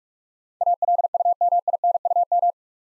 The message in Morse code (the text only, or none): ALUMINUM